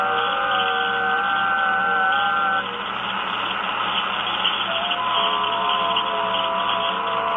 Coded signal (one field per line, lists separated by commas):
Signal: FT8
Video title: Tecsun PL-330 FT8 Decoding with FT8RX Android app using telescopic antenna only